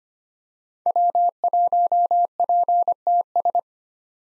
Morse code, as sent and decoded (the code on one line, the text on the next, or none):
.-- .---- .--. - ...
W1PTS